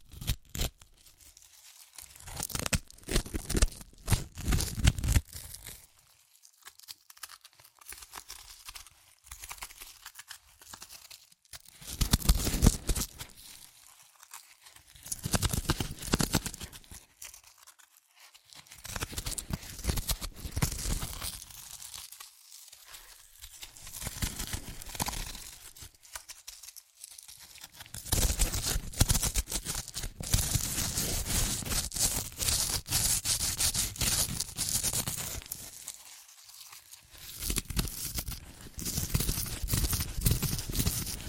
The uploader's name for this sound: Satisfying Chips Crunchy Crushing & Eating Sounds